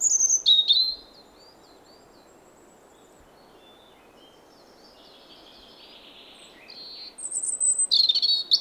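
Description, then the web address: European robin song: a short loud burst of high whistles, a long quiet stretch of faint soft warbling, then another bright, varied phrase. "SETE Erithacus rubecula"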